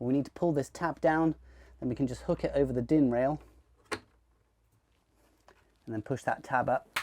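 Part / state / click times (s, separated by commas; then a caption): plastic blanking module on the DIN rail of a consumer unit / not seated / none. Someone talks while handling a plastic consumer unit blank, shaped like a single pole MCB, used to fill gaps in a consumer unit so nothing can reach inside and get zapped. The tab is pulled down, the blank is hooked over the DIN rail, and the tab is pushed up, with a few faint handling sounds in a quiet pause. Nothing has seated or clicked into place yet.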